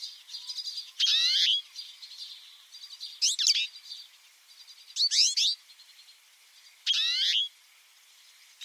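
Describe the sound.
Bird calling in bright, chirpy bursts of rapidly sweeping notes, four phrases about two seconds apart, with soft twittering in the gaps.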